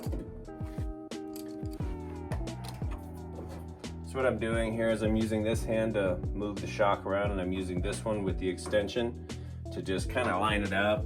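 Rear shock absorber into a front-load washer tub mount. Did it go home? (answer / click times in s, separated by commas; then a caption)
no / none. A rear shock absorber for a Samsung front-load washer is moved by hand while a socket extension lines it up with the mounting hole on the washer tub, so the bolt can be hand-threaded before using the impact to avoid cross-threading. Music plays while someone talks, with only light handling noises and faint taps around 1.1, 1.4, 2.3, 2.7 and 3.9 seconds. Nothing has seated or clicked yet.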